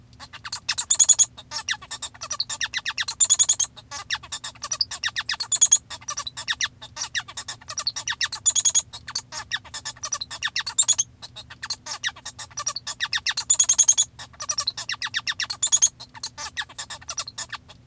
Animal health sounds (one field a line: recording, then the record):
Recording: song of a male Bengalese finch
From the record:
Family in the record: father 1